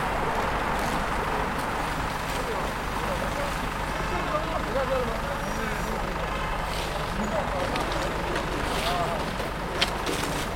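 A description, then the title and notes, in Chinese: Waiting by a university's south gate in the city: a dense, steady wash of traffic rumble and crowd murmur fills the whole stretch. Voices blur together without standing out, and a brief sharp click lands near the end. 在北大南门等人｜城市声音。录音时间是2020年11月30日上午，气温在1度左右。手里拿了一杯从旁边便利店接的热水。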